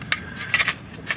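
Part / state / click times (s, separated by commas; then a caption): plastic model truck interior tub into the cab body / not seated / none. The plastic interior tub of a scale model truck, fitted with hand-made plastic tabs, is handled against the cab body as it is slid out and pushed back toward place. Light plastic taps and scrapes are heard around 0.1, 0.5, 0.7 and 1.1 seconds. The clip ends before the tub snaps home, and nothing has seated yet.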